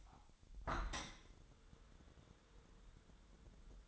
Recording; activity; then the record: daily activity, microphone in the room; open window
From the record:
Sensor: 3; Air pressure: 1014.9 hPa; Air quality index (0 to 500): 28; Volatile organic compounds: 1 ppm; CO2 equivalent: 525 ppm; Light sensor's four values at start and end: 10/23/9/9 and 10/23/10/9